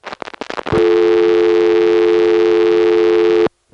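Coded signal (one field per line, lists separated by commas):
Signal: telephone call progress tone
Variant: North America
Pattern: dial tone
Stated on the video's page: Senderized step-by-step telephone exchange in Washingtonville NY, 914 area.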